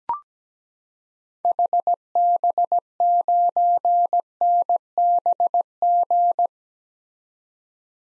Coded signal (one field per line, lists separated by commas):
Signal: Morse code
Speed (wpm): 17 wpm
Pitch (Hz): 700 Hz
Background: none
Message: HB9NBG